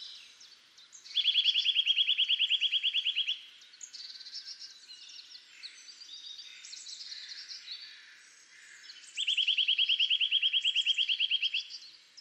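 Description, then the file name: Eurasian nuthatch delivering two loud, rapid, evenly spaced trills about two seconds long each, separated by a jumble of high squeaky chirps and piping notes. "Sitta europaea"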